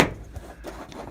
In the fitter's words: Give it a little push. Let's see, it's snapped into place. Into these clips.